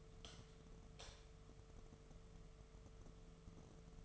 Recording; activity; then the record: daily activity, microphone in the room; light on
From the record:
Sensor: 4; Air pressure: 1015.5 hPa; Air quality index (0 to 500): 174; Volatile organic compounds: 7 ppm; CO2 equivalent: 2018 ppm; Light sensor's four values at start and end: 26/61/26/28 and 27/65/27/29